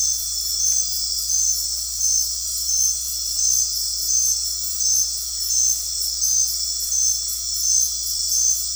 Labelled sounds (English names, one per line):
none